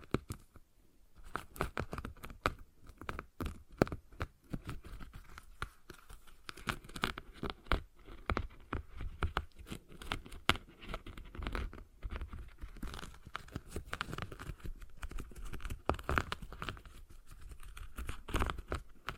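A stress ball is squeezed and kneaded, producing dense, irregular crinkling and crackling that runs nearly without pause for the whole stretch. Sharp clicks and soft squelches come in quick bursts, with louder clusters around the middle and near the end.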